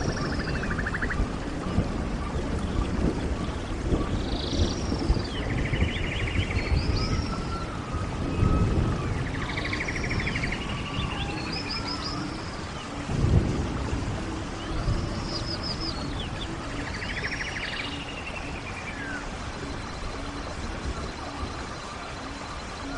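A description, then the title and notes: Rainforest animals call over a steady rushing wash of water or rain that fills the low end throughout. Bright, arching bird calls and rapid trills repeat every few seconds, strongest in the first eighteen seconds, with a few low thumps near the middle. Rain Sounds and Rainforest Animals Sounds. Sounds of rainforest animals, waterfalls and rain sounds.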